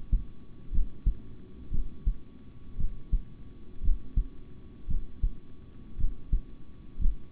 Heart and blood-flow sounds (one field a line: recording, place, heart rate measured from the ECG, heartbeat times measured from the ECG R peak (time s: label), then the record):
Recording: heart sounds by stethoscope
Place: between the tricuspid and mitral areas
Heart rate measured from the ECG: 57 bpm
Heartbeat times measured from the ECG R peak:
0.71 s: heartbeat
1.71 s: heartbeat
2.77 s: heartbeat
3.82 s: heartbeat
4.87 s: heartbeat
5.97 s: heartbeat
6.98 s: heartbeat
From the record:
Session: rest, sitting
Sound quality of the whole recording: good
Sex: male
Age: 26 years